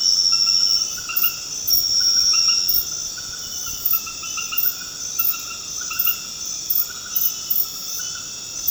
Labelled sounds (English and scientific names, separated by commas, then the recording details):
none
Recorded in dense forest near Puerto Asís, Putumayo, Colombia, on 9 March 2025 at 22:30
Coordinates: 0.486, -76.317
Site G053